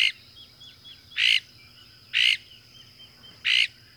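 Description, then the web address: Northern mockingbird giving loud, harsh rasping notes about once a second, with soft faint chirps between them. North America; common western species. "Songs of Birds of North America Know Your Bird Sounds Common Western Species 33-Northern Mockingbird"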